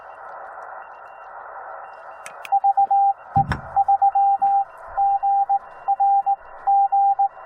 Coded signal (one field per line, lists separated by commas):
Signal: Morse code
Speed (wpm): 18 wpm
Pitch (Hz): 790 Hz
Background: radio noise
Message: VE3GRG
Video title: Morse Code Activation: RAW VIDEO - from K-0060 Saguaro National Park